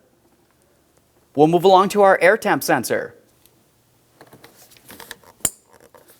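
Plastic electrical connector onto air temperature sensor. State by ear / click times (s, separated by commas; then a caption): seated / 5.5 s. Someone talks, then a plastic electrical connector is pressed onto the intake air temperature sensor of a 1998-2002 Lincoln Navigator, with a few light handling taps before a single sharp, loud click at 5.5 s. The connector seats, and it is tugged to make sure it is secure.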